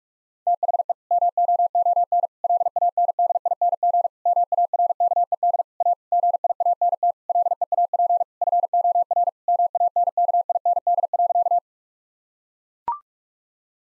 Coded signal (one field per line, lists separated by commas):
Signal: Morse code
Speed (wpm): 42 wpm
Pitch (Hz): 700 Hz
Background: none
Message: THE MOON LANDING MARKED A GIANT LEAP FOR MANKIND.